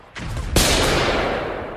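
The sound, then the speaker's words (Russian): A mortar shell explosion, the third round, landing farther away than the previous ones: a rushing rumble swells, then a sharp, loud blast bursts across the whole range and fades into a long, roaring rumble. No voices are heard. “Третья. Они легли дальше от нас, но от грохота все равно заложило уши.”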